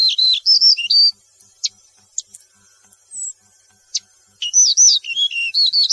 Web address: yellow breasted bunting call